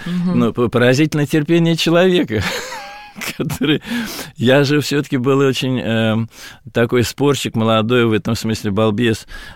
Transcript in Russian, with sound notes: Но поразительно терпение человека, который... (Смеется.) Я же все-таки был очень такой спорщик молодой, в этом смысле балбес,